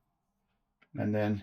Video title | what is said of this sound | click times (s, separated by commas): The Ravemen FR300 daytime running light | lock that in. You hear a click into place and then you've got your usual mount on top of your computer which I'll put my | 0.8 s